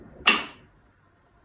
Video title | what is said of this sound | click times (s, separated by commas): Nova Pro Scala Gallery Installation | back adapter you heard the click sound so it's locked in there and | 0.3 s